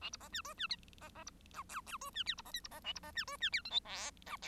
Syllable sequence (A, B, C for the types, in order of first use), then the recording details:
A B C D E D C C B F G G E D H B C I B C A B C D E D H J K L F. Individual Bird1